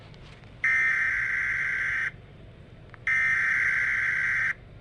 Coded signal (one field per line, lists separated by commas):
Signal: Emergency Alert System (SAME) tones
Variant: header bursts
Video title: eas scenario 1:the break in